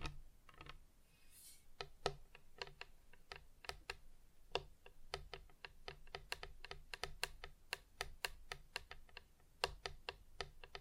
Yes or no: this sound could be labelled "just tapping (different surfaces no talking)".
yes